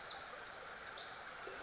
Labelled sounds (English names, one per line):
Pacific Wren